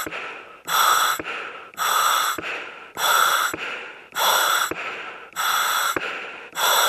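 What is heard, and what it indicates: Loud, regular breath cycles repeat about every 1.2 seconds, each a hissing inflow followed by a softer, fading outflow with a click at the switch. The steady, forced rhythm is the heavy breathing of an adult on a mechanical ventilator.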